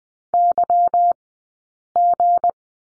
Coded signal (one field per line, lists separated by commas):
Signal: Morse code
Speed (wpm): 20 wpm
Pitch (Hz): 700 Hz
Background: none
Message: YG